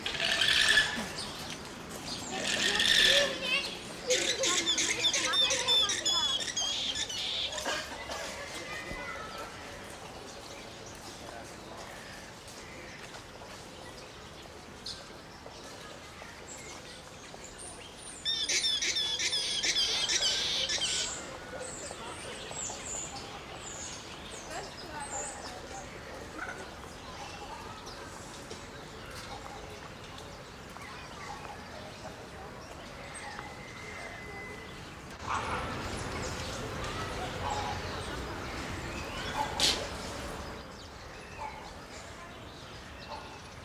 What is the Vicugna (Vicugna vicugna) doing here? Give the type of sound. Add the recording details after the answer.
call. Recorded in captivity. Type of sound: call. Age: adult. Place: Zoo Berlin, Berlin, DE. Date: 1992-08-22 12:20. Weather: fair, 17-20°C. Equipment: Marantz CP 430, Sennheiser ME 80, Kopie Tesla B 116. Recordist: Tembrock, Günter. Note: Lautfolgen, Spuckgeräusche, Abstand ca. 20 m